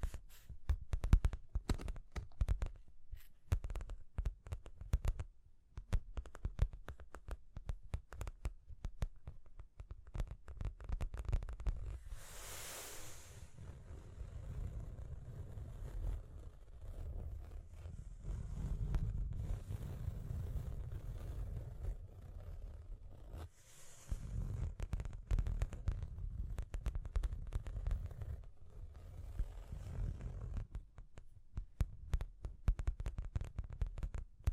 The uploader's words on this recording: Tapping and Scratching (No Talking).